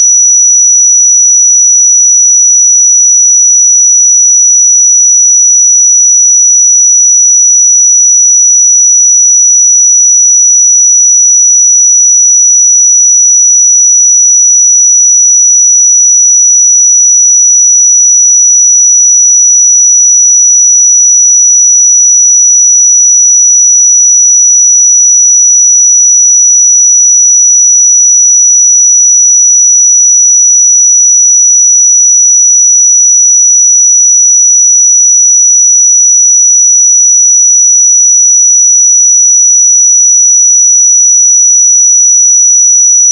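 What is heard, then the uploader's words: A pure sine tone at 5882 Hz sounds continuously for the whole clip, a single thin, bright whistle with no other sounds around it. Its pitch and loudness stay perfectly steady from start to finish, with no breaks or wavering. 5882 Hz 1 Hz Interval Sine Pure Tone Frequency 441000 Sample Mono.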